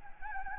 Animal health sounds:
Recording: mosquito wingbeat signal from an infrared sensor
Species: Anopheles gambiae

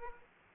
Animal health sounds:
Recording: mosquito wingbeat signal from an infrared sensor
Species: Aedes aegypti

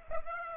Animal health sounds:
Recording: mosquito wingbeat signal from an infrared sensor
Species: Aedes aegypti

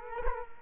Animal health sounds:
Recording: mosquito wingbeat signal from an infrared sensor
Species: Culex quinquefasciatus

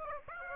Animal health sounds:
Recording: mosquito wingbeat signal from an infrared sensor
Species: Aedes aegypti

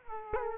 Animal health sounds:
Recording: mosquito wingbeat signal from an infrared sensor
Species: Culex quinquefasciatus

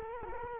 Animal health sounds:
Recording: mosquito wingbeat signal from an infrared sensor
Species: Culex quinquefasciatus

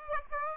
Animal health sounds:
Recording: mosquito wingbeat signal from an infrared sensor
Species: Aedes aegypti

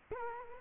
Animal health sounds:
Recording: mosquito wingbeat signal from an infrared sensor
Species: Culex quinquefasciatus

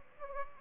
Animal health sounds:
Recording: mosquito wingbeat signal from an infrared sensor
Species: Aedes aegypti

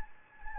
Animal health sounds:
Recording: mosquito wingbeat signal from an infrared sensor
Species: Anopheles gambiae

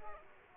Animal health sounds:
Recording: mosquito wingbeat signal from an infrared sensor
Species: Aedes aegypti

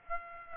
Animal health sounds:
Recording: mosquito wingbeat signal from an infrared sensor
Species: Aedes aegypti

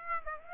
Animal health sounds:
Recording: mosquito wingbeat signal from an infrared sensor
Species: Aedes aegypti

